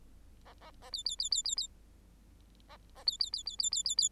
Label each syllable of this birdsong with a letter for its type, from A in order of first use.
A A A B B B B B B A A B B B B B B B B